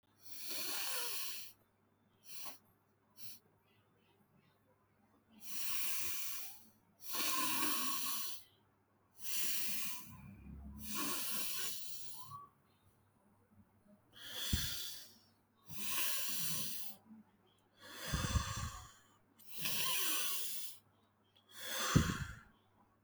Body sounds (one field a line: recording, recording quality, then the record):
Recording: shallow breathing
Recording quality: excellent, no background noise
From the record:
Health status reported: healthy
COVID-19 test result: negative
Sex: male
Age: 34 years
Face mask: not worn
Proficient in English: yes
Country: India